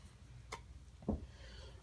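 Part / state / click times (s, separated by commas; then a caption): adjustable stock onto rifle buffer tube / seated / 0.5 s. An adjustable crane stock is slid back onto the buffer tube of a G&P MRE M4 airsoft rifle while the release lever is held up. A single sharp click at 0.5 s shows the stock snapping into place and seating, followed by a duller low thump near 1.1 s over a quiet background.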